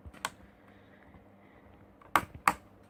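Using both thumbs on its corners, a RAM stick is pushed down into a motherboard DIMM slot until the plastic retention clips snap shut. After a soft tick near 0.2 s and a quiet stretch, two loud, sharp clicks ring out at 2.2 s and 2.5 s, and the module is seated.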